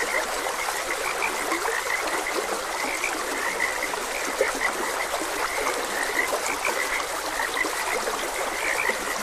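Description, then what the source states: Frog chorus of quick, chirpy croaks repeating continuously, overlapping one another, with a flowing stream rushing steadily underneath. Frogs croaking beside a gentle stream.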